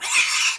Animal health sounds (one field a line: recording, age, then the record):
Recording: pig call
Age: piglet (1 to 25 days)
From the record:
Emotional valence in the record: negative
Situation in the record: castration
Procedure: castration, cut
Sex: male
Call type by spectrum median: high-frequency call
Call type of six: high-frequency modulated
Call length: 0.59 s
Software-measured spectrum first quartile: 2463 Hz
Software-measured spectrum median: 3651 Hz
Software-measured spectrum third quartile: 6471 Hz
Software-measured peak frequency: 2422 Hz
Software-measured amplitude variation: 101 dB a second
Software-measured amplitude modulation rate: 19.4 a second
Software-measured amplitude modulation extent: 5.2 dB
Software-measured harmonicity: 0.3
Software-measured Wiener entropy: -1.74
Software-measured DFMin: 1123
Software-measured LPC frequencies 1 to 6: 1136, 2492, 3601, 4535, 5484, 6999 Hz